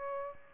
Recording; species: mosquito wingbeat signal from an infrared sensor; Aedes aegypti